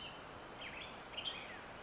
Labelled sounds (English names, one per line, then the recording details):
Western Tanager
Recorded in Sonoma County, California